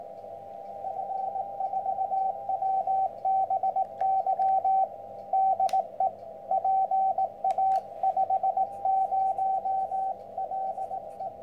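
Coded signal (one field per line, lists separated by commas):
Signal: Morse code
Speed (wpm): 18 wpm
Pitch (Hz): 770 Hz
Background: radio noise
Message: F4WBY DE PA50LE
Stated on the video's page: QRP rigs such as KX2, Weber MTR, Pixie on a 10/20/40 half-wave end-fed antenna.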